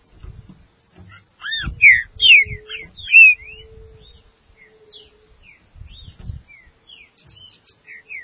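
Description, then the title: Green-winged saltator singing a short phrase of strong, slurred whistles, then quieter scattered notes. Light knocking sounds and a faint steady hum in the background. "Trinca Ferro"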